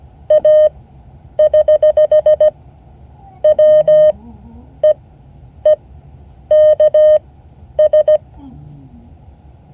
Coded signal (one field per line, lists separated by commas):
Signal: Morse code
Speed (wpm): 17 wpm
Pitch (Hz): 610 Hz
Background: none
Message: A <HH> WEEKS